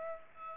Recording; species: mosquito wingbeat signal from an infrared sensor; Aedes aegypti